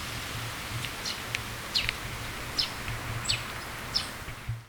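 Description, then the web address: Eurasian tree sparrow chirping, brief sharp high notes repeated unevenly, with a low rumbling background noise. "bird song suzume"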